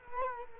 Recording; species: mosquito wingbeat signal from an infrared sensor; Culex quinquefasciatus